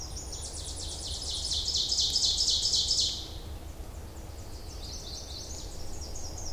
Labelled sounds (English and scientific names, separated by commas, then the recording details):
Ovenbird (Seiurus aurocapilla) song
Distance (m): 20 m
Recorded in boreal forest in Alberta, Canada, on 26 May 2016 at 07:58
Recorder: SongMeter 3, array SBT-3-15
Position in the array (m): 54 m, 222 m
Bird 20